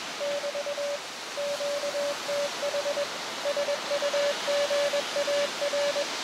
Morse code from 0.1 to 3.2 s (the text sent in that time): <BT> QTH